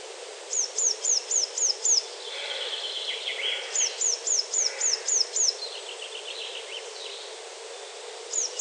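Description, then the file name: Eurasian blue tit song of fast, high, downward-slurred notes in short runs, with quieter, lower sounds in the gaps. "Cyanistes caeruleus"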